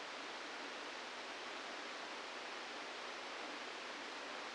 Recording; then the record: brain microelectrode recording played as sound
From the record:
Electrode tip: outside the subthalamic nucleus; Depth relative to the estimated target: 2 mm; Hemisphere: left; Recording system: NeuroSet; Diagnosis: Parkinson's disease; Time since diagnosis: 17 years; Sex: male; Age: 64 years